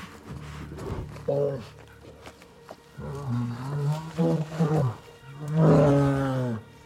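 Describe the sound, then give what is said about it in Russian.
A bear growls and roars in several deep, rumbling bursts with short pauses between them, the last roar the loudest and longest, as it approaches. “Медведь подходит, и Баба Вос пригибается, пытаясь скрыться за выступом.”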